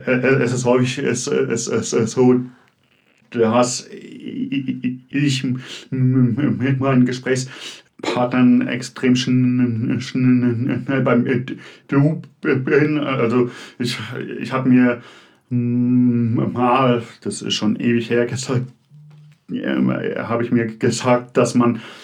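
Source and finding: Adult man speaking German. Stuttering.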